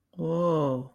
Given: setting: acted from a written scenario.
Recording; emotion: vocal sound without words; awe